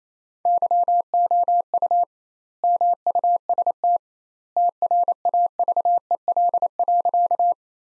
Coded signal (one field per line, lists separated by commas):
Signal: Morse code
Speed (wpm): 28 wpm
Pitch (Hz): 700 Hz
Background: none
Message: YOU MUST TRAVEL.